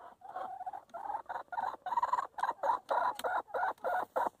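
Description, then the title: Chicken giving loud rhythmic clucks in a rapid steady series, each a short harsh note. Chickens in their coop. "In the chicken coop - A csirkeólban"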